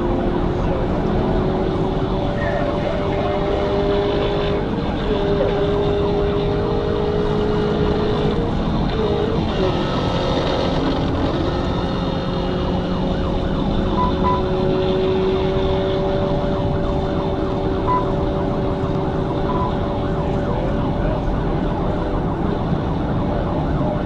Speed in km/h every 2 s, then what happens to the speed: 122, 126, 127, 127, 130, 121, 119, 129, 129, 130, 134, 137.
0-8 speeds up to 130. 12-24 speeds up to 137.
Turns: none.